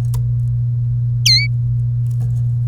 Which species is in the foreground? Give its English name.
Domestic Canary